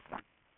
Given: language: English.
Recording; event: throat vibration sensor signal played as sound; swallow